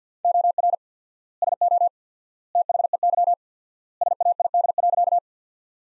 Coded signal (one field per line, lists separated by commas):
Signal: Morse code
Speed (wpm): 48 wpm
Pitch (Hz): 700 Hz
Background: none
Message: OR SO THEY SAID.